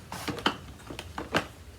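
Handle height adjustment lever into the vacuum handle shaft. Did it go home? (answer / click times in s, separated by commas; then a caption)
yes / 0.5 s. The stiff handle-height adjustment lever on a Sebo Felix vacuum is pulled forward, the handle is set to the chosen height, and the lever is let go so it latches into the handle shaft. A series of short, sharp clicks and taps sounds, with the strongest click at 0.5 s and further lighter taps around 1.0, 1.2 and 1.4 s. The lever is seated, clicked into position.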